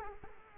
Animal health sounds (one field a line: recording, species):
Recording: mosquito wingbeat signal from an infrared sensor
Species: Culex quinquefasciatus